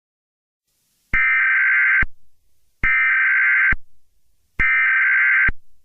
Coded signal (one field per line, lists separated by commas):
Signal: Emergency Alert System (SAME) tones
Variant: header bursts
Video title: EAS Scenario | Chicken Jockey Invasion (#91)